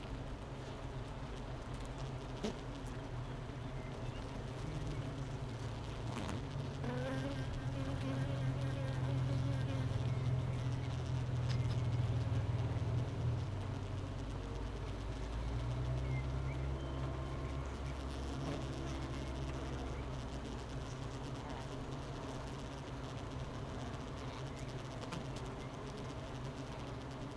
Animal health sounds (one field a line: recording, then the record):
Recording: honeybee colony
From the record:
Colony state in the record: missing queen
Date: 31 May 2018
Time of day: 11:54